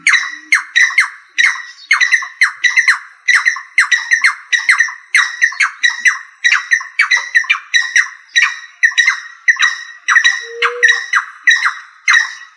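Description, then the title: Rail giving a steady series of harsh, buzzy squawks, each note sharp and clipped, repeating rapidly about every half second with little pause. "LuckyFamilia RallidaeFrangoSama"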